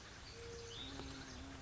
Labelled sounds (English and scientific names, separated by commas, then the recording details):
Hutton's Vireo (Vireo huttoni)
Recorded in Sonoma County, California